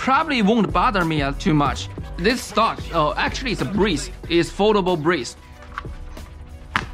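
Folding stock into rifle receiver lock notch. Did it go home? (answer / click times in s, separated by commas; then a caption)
yes / 6.8 s. Someone talks while the polymer folding stock/brace of a short-barrel rifle is folded toward the rifle receiver's lock notch. A soft knock comes at 5.8 seconds, then a sharp click at 6.8 seconds as the folding stock locks into place in its notch.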